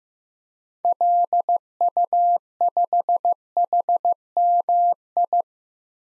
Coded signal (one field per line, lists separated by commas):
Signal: Morse code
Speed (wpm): 15 wpm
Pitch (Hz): 700 Hz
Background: none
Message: LU5HMI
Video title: DXCC-100 Call Signs - 6 Character 15wpm